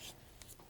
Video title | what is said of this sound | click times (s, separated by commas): How To Replace Brake Pads on a Polaris Ranger | I like to just press down, and a lot of times they'll pop into place. | 0.4 s